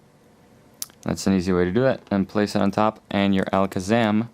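A plastic toy-brick hand is stuck onto a yellow arm/claw piece and shifted into place, giving a sharp plastic snap at 0.8 s as it seats, followed by a faint tick at 0.9 s. Someone then talks over the rest of the clip.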